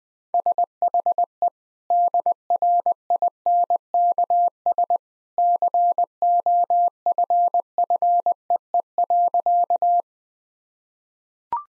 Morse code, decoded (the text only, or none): SHE DRINKS COFFEE.